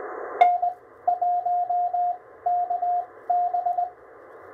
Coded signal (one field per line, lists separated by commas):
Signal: Morse code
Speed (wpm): 20 wpm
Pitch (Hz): 710 Hz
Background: none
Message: N1KB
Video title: A Much-Needed and Long-Overdue Return: QRP POTA at Tuttle Educational State Forest!